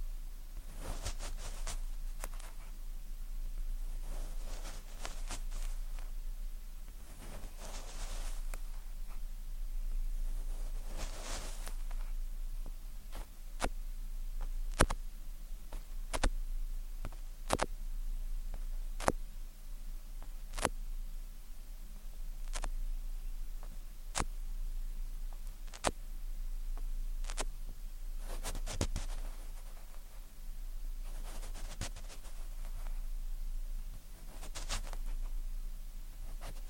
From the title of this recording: Ear Cleaning, Tweezers, Sticky Sounds, Spray Bottle